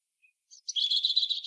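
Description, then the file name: European robin giving a faint thin note and a short chip, then a sustained high warbling trill that continues to the end. "Erithacus rubecula"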